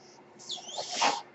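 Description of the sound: A single airy whoosh lasts about a second, with a sweeping hiss that rises and falls in pitch before fading. It is the breath cycle of a home mechanical ventilator, the ordinary working sound of the machine delivering air, heard between the phrases of a man who uses it.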